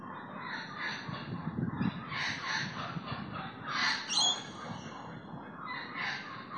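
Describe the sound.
Bird calls: a continuous jumble of hoarse, cawing notes rising and falling in loudness, with a steady low rumble underneath.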